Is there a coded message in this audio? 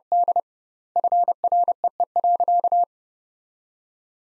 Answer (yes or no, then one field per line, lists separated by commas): yes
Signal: Morse code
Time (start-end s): 0.1-2.8 s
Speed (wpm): 29 wpm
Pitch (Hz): 700 Hz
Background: none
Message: D FREE.